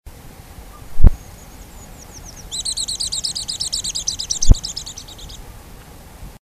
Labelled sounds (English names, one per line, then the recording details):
Eurasian Treecreeper
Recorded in the wild
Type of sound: trill
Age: adult
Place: Marloffstein, Bayern, DE
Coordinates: 49.6294, 11.0639
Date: 1962-03-23
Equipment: Stellavox SM 5, Original, Vollspur
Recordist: Tretzel, Erwin
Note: Adlitz: Waldbaumläufer: Drohtriller